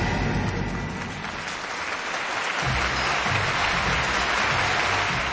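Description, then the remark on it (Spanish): A studio audience claps steadily, a dense, continuous wash of hand claps at even loudness with no voices breaking through. “Gracias, gracias, ese aplauso siempre.”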